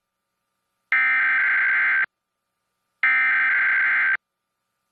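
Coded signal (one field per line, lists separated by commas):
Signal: Emergency Alert System (SAME) tones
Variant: header bursts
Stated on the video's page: Emergency Alert System test aired on Univision television station WFDC-TV.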